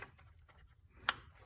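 The plastic locking clip on the electrical connector of an ignition coil on a 2015 Jeep Wrangler 3.6L is pressed in to unplug it during a spark plug change. A single sharp, bright click is heard at 1.1 s over a quiet low background, with a few faint ticks around it. The clip releases and the connector is freed.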